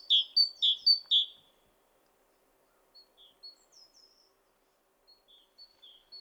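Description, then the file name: Great tit song: a few quick two-note phrases, a high thin note dropping to a lower, fuller one, then a pause with scattered faint high notes. "Parus major"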